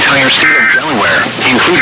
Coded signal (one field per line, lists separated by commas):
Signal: Emergency Alert System (SAME) tones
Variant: end-of-message bursts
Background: speech